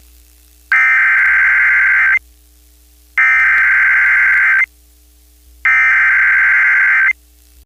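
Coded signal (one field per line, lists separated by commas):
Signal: Emergency Alert System (SAME) tones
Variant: header bursts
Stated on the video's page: Tornado watch activation on a radio station, likely done for a simultaneous relay on another station.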